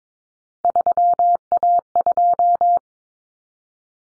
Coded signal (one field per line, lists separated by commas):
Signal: Morse code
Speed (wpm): 22 wpm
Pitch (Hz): 700 Hz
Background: none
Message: 3A2